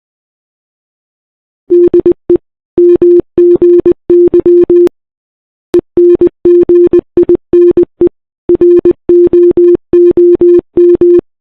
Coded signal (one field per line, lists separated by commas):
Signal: Morse code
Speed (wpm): 20 wpm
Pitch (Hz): 350 Hz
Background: none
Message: DE MGY ENGINE ROOM